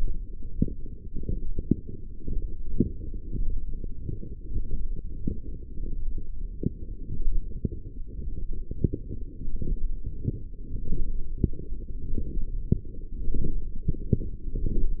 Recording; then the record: forearm muscle sounds (acoustic myography)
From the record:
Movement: forearm supination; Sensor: system 1, eight BSWA MPA416 microphones around the upper forearm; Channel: 5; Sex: male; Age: 23 years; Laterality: right